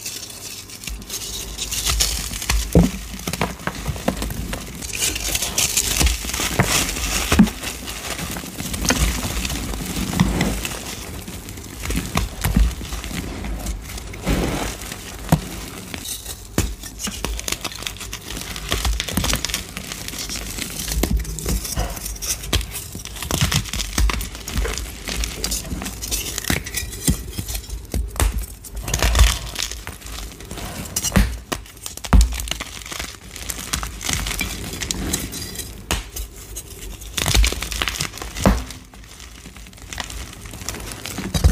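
Gritty crunching of reformed gym chalk and cornstarch, a dense run of dry crackles and crumbly snaps that barely lets up for the whole stretch. Sharper crisp breaks stand out every few seconds, with brief quieter gaps around 16, 29 and 38 seconds.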